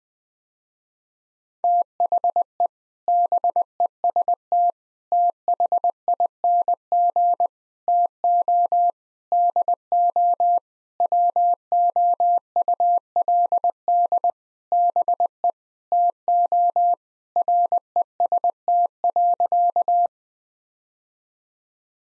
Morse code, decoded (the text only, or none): THE BEST THING TO DO WOULD BE TO REST.